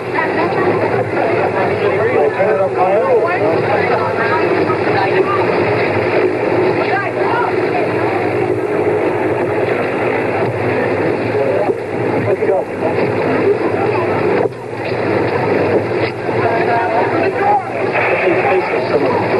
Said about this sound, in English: Finally, they roared into view. U.S. Marine helicopters, the Charlie Green Giants, and one could sense the soaring confidence of the evacuees that they were going to exit from Vietnam.